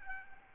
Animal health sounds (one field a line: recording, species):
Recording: mosquito wingbeat signal from an infrared sensor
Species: Aedes albopictus